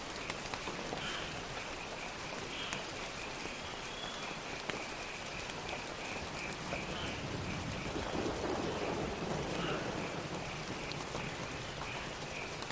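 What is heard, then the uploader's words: Steady, dense rain patters throughout, with scattered sharper drops clicking through the hiss. A jungle chorus sits above it, a thin, pulsing high trill that repeats in regular bursts. The level stays even for the whole thirteen seconds. Thunderstorm in the Jungle. Rolling thunder, pattering rain, and a soothing jungle chorus.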